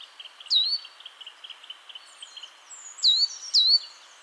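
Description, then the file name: Great tit giving three sharp falling notes, one alone then a close pair, with a soft ticking of other small sounds running underneath. "Parus major"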